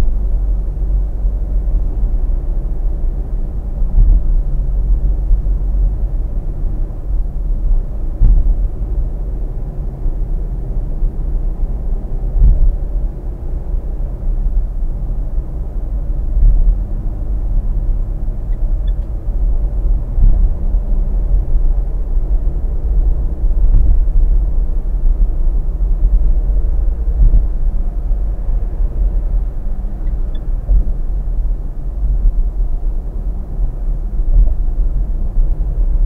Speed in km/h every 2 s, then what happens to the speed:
69, 69, 69, 68, 69, 69, 72, 72, 74, 77, 80, 83, 83, 83, 83, 82, 80, 77.
0-15 steady at about 69. 15-22 speeds up to 83. 22-36 steady at about 83.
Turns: none.